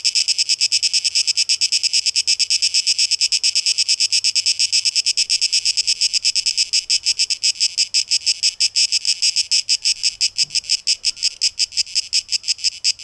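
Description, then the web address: Cicadas buzzing in a shrill, dense pulsed drone, beats coming fast and even for the whole stretch, a soft low knock near the end. Recorded 12 August 2023; tape echo mix. "rauschpartikel Audio 2023-08-12 Zikaden"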